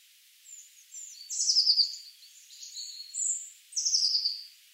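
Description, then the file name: Eurasian blue tit calls: a series of high, thin notes and buzzy, slightly falling churring bursts, two louder bursts standing out among quieter twitters. "Cyanistes caeruleus"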